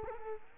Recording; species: mosquito wingbeat signal from an infrared sensor; Culex quinquefasciatus